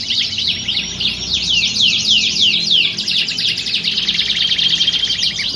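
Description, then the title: Canary song: quick descending chirps lead into fast, buzzy high trills, delivered without pause. Belgian canary song played as a warm-up to get canaries singing, used to simulate a singing contest and train contest canaries' mental readiness. "Canto Para Esquentar Canário Belga. Simulasi Lomba Kenari. Suara Kenari Lomba. Melatih Mental Kenari Juara"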